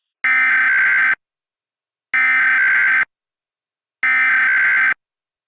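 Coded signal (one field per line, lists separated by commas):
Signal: Emergency Alert System (SAME) tones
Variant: header bursts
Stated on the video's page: Fictional recreation of a Required Monthly Test using valid EAS tones, styled as SAGE ENDEC equipment.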